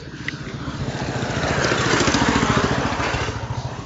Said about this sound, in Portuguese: Moto. Lenta. Barulhenta.